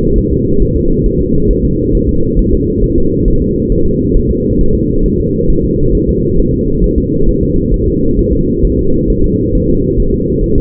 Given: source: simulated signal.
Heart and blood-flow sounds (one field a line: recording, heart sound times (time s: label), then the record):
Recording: fetal heart sounds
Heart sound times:
0.18 s: S1
0.32 s: S2
0.62 s: S1
0.76 s: S2
1.06 s: S1
1.20 s: S2
1.50 s: S1
1.65 s: S2
1.95 s: S1
2.09 s: S2
2.39 s: S1
2.53 s: S2
2.84 s: S1
2.98 s: S2
3.28 s: S1
3.42 s: S2
3.72 s: S1
3.86 s: S2
4.17 s: S1
4.31 s: S2
4.61 s: S1
4.75 s: S2
5.06 s: S1
5.20 s: S2
5.50 s: S1
5.64 s: S2
5.95 s: S1
6.09 s: S2
6.39 s: S1
6.54 s: S2
6.84 s: S1
6.98 s: S2
7.29 s: S1
7.43 s: S2
7.74 s: S1
7.88 s: S2
8.19 s: S1
8.33 s: S2
8.65 s: S1
8.79 s: S2
9.10 s: S1
9.24 s: S2
9.55 s: S1
9.69 s: S2
10.00 s: S1
10.14 s: S2
10.44 s: S1
10.58 s: S2
From the record:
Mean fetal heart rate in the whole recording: 135 bpm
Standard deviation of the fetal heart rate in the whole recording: 3 bpm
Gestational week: 36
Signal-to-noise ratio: -16.4 dB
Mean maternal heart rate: 72 bpm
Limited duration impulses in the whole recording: present